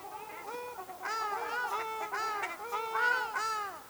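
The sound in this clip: Ruddy shelduck calling steadily with nasal, wavering honks that run together into a near-continuous series.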